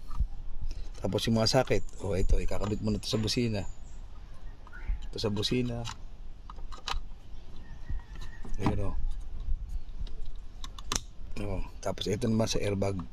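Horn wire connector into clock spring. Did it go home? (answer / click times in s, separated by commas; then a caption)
yes / 6.9 s. On a Toyota Innova having its clock spring replaced because of an airbag alarm, the plastic horn wire connector is plugged into the new clock spring while someone talks. It clicks at 6.9 s and is seated.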